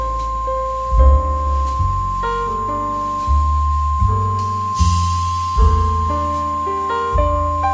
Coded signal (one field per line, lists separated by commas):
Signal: Emergency Alert System (SAME) tones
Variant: 1050 Hz attention tone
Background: music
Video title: Hice una EAS daviess greene martin en eas builder en mi PC